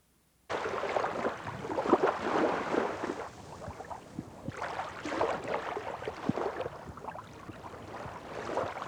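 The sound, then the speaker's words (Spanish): A continuous murmur of the sea, a broad hissing wash that swells and eases in slow surges, with a softer dip midway before the rushing water builds again. “En primer lugar, escucharemos el rumor del mar de Providencia y de algunas gaviotas que se deslizan sobre el agua.”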